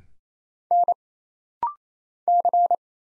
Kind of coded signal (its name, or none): Morse code